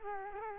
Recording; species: mosquito wingbeat signal from an infrared sensor; Culex quinquefasciatus